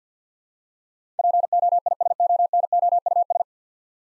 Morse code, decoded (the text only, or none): POISONOUS